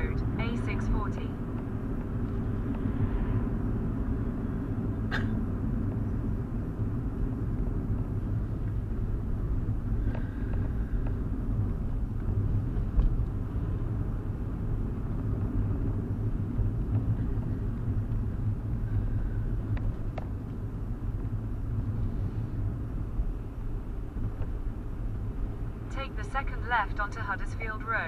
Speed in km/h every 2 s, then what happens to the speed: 56, 55, 50, 44, 44, 42, 42, 42, 37, 37, 37, 39, 42, 42.
0-6 slows to 44. 6-28 steady at about 42.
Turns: none.